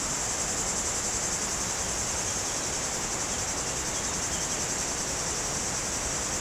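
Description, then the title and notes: Cicadas buzzing in a steady, unbroken high hiss that never pauses, over a constant rushing background like flowing water. Cicadas very active in trees on a hot day, slopes of the Grand Colombier above Culoz, France, near the Jourdan river. "Chem. de Romagnieux, 01350 Culoz, France - Rivière et cigales. Sur les pentes du Grand Colombier au dessus de Culoz , par cette chaude journée les cigales sont très actives dans les arbres près du Jourdan"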